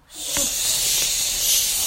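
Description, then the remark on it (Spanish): Storm wind whooshes in a steady, loud rush of airy, hissing noise that swells in quickly and holds without a break for about two seconds, with no voices. “Atravesar la tormenta.”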